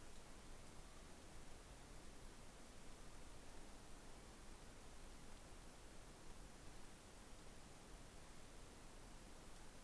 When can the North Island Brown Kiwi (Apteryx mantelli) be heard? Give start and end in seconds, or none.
none